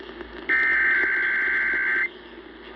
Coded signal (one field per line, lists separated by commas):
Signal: Emergency Alert System (SAME) tones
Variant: header bursts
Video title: KDKA RWT EAS #941 10/18/20